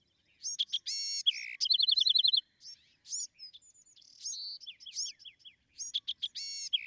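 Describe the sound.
Bewick's wren singing a dense, varied run of harsh buzzy bursts, a quick trill and high sweeping whistles.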